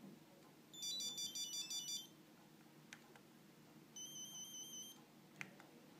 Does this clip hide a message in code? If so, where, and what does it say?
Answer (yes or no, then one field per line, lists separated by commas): no